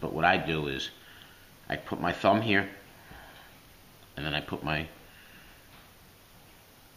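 Someone talks while placing a thumb and fingers on a pistol slide on its frame and gripping it before pulling it back. Only quiet handling noise is heard between the words, and the slide has not clicked yet.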